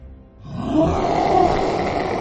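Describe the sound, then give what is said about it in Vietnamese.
The giant beast Hỗn Độn roars angrily: a low rumble swells into a loud, harsh, sustained roar that holds steady for nearly two seconds, deep and gritty, with no voices. “Hỗn Độn gào rít giận dữ, âm thanh chấn động đến nỗi cô Thành phải ôm đầu ngã ngồi xuống sàn.”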